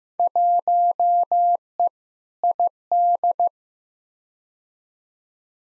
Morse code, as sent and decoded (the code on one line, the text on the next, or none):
.---- . / .. -..
1E ID